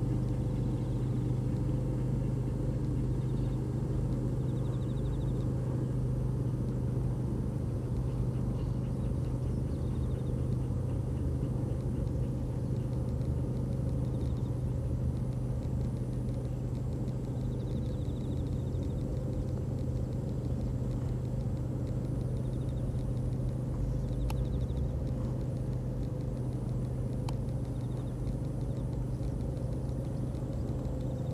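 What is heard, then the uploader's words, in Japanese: A steady low rumble of distant traffic, possibly a passing train, fills all thirty seconds without rising or fading. Faint high insect chirps thread through above it, and a single soft click lands around the twenty-four second mark. 人参除草 お昼前。ゆっくり育つ人参を、追い越そうとしてくる草を、ハサミで根元を切っていきます。秋虫の声、鳥の声、遠くに車の行き交う音、電車が通る音。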